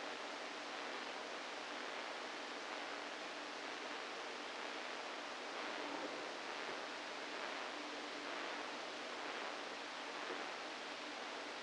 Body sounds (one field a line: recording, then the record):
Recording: brain microelectrode recording played as sound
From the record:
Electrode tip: inside the subthalamic nucleus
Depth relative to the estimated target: -3 mm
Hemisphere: right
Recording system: NeuroSet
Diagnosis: Parkinson's disease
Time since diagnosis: 7 years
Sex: female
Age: 68 years